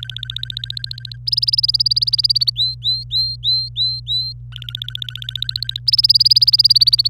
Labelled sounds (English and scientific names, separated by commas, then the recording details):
Domestic Canary (Serinus canaria) song
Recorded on 25 April 2018 at 17:08
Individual llb3